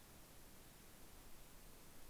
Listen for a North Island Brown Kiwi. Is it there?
no